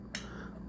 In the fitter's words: I forgot to show you all how that goes on there basically it just pops right in